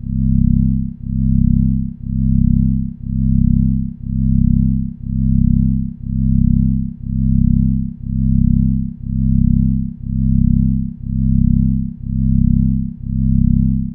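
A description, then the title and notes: Binaural-style beats: a low, steady hum below about 250 Hz, swelling and dipping in regular pulses roughly every second throughout. Binaural & pluraural beats made with recorded directly from the output of DIN is Noise at sandokan bay in berlin.eu.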